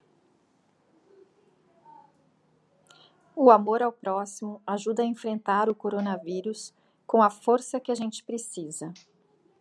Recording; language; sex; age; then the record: spoken sentence; Brazilian Portuguese; female; 40 to 49 years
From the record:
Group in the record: control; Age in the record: 47 years